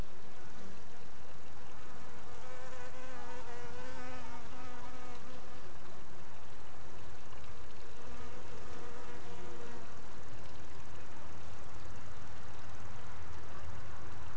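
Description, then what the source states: Bee buzzing, a steady droning hum with wavering harmonic tones that swell and fade, over a constant broad wash of noise. Bees heard together with waves.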